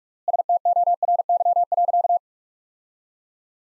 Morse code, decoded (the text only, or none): STORY.